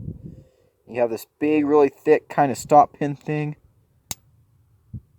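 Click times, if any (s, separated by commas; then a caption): 4.1 s. Someone talks about the thick stop pin while opening the steel blade of a Cold Steel AD-15 Lite folding knife. At 4.1 seconds the blade locks open against the stop pin with one sharp, loud snap, and the lock is engaged.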